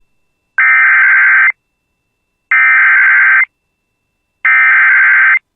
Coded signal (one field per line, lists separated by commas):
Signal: Emergency Alert System (SAME) tones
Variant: header bursts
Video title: EAS Warnings if they existed back then.... [EP 1]